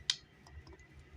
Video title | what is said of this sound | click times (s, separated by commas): Transformers Rise of the Beasts Jungle Mission 3 Pack Deluxe Cheetor | and this is all supposed to lock into place | 0.1 s